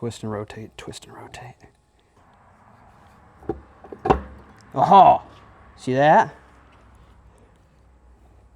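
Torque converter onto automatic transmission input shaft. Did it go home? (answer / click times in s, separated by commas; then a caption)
partly / 4.1 s. A torque converter is twisted and rotated onto the input shaft of an automatic transmission for a 1968 Ford Mustang Convertible while someone talks. A loud clunk at 4.1 s marks the first spline engagement, but the converter is only partly on and not yet fully seated.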